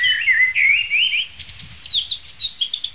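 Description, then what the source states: Common Blackbird song: a rich, fluted phrase of lower whistles, followed by a burst of higher, squeaky twittering notes. Blackbird singing at its most virtuosic from a free-standing oak overhead, once it is quite light.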